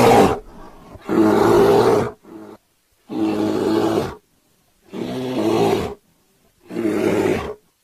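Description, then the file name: Bear giving a series of harsh, throaty roars, each around a second long, repeated roughly every one and a half to two seconds. "NIEDZWIEDZ"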